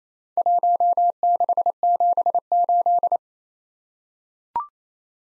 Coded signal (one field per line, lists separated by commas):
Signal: Morse code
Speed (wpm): 27 wpm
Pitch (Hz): 700 Hz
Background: none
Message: 1678